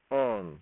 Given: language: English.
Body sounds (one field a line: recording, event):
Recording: throat vibration sensor signal played as sound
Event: speech